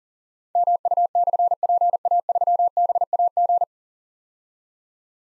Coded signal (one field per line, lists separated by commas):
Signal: Morse code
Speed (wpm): 40 wpm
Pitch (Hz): 700 Hz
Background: none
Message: MU/PA3BAG